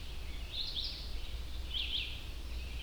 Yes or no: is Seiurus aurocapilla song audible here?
no